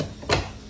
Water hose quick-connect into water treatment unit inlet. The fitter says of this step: and you're going to hear a click so if there's a click